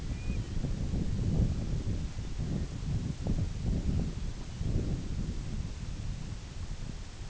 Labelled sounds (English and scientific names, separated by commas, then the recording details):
unidentified sound, Red-throated Loon (Gavia stellata)
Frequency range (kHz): Red-throated Loon (Gavia stellata) 0.3-2.6 kHz
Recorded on Arctic tundra, site IGLO-B, on 21 June 2018
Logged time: 15:59